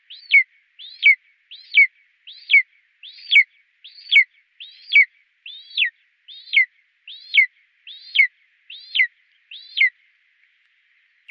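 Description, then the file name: Golden eagle calling, a steady series of thin, high whistled yelps, each rising then sliding sharply down, repeated about every 0.7 seconds, with no other sounds. "steinadler"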